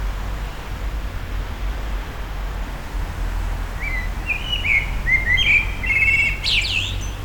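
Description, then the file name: Common blackbird song: after a quiet stretch, a rich mellow warble of several fluted notes rising into a high scratchy twitter at the end. Recorded at a petrol station, April 2021. "2021 APR-Amsel-Tankstelle"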